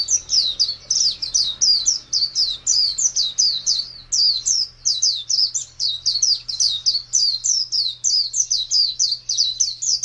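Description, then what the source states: White-eye pouring out a long series of high, rapid, slurred chirps, with a faint low hum behind it. White-eye (pleci) song in the style named ngalas panjang.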